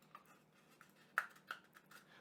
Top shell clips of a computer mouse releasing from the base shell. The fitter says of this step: There is a clip here, here, and here, so you just want to make sure you hear a click before you remove the shells,